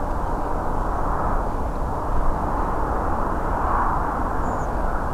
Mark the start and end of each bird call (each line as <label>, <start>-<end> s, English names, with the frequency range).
Redwing (5.9-7.6 kHz), 4.43-4.66 s